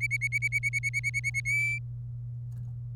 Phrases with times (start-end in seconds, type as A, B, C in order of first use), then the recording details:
0.01-1.40 A, 1.46-1.78 B. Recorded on 27 April 2018 at 13:28. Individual llb3